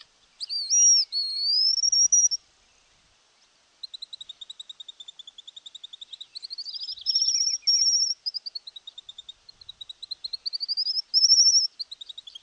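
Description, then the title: White-naped xenopsaris giving high, thin wavering whistles that rise and fall, mixed with rapid ticking notes. Nominate subspecies albinucha. "LuckyPassaro Completos2Sama. White-naped Xenopsaris (Xenopsaris albinucha albinucha)"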